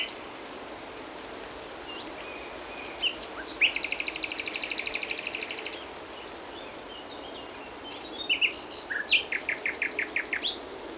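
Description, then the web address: Common nightingale song: a sustained high buzzy rattle lasting about two seconds, then after a pause a string of sharp evenly spaced clicking notes. "SETE data Luscinia megarhynchos"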